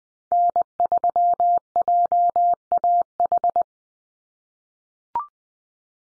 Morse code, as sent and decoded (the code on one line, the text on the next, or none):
-. ...-- .--- .- ....
N3JAH